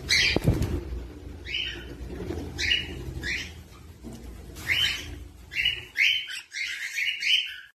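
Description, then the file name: Cockatiel chirping in short, bright bursts that come in loose groups, with low rumbling noise and a few clicks early on, then quieter background. "bodo bia aroos holandi"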